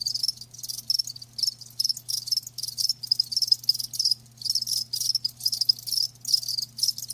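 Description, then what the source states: Crickets giving buzzy high chirps in clustered bursts, with a faint steady hum underneath. Live crickets chirping, a lulling song.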